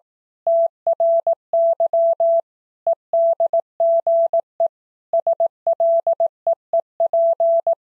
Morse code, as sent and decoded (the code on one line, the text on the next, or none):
- .-. -.-- / . -.. --. . / ... .-.. . . .--.
TRY EDGE SLEEP